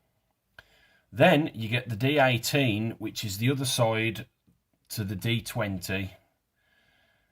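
A plastic leg part (D20 with the small loose piece K12) from a Kotobukiya 1/100 Metal Gear Rex model kit is pushed over a peg into the completed leg assembly. A single sharp snap at 0.6 s shows it has seated, and then someone talks.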